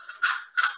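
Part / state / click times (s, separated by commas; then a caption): metal splice plate into steel drywall furring channel / seated / 0.1 s, 0.6 s. A metal splice plate is pushed into the end of a steel drywall furring channel to extend it, giving a faint metallic click at 0.1 s and a louder, sharper click at 0.6 s. Each click is followed by a brief scraping rattle as the splice slides home, and it ends seated in the channel.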